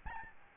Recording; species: mosquito wingbeat signal from an infrared sensor; Aedes albopictus